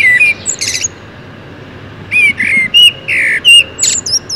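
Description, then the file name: Common blackbird with two quick song phrases: clear whistled notes mixed with high squeaky, scratchy twitters, a short quiet gap between them. "Turdus merula"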